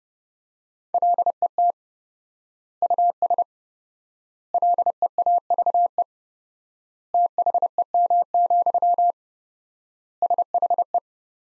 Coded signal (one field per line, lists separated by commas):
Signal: Morse code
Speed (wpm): 30 wpm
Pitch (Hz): 700 Hz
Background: none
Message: LET US LEAVE THEM, SHE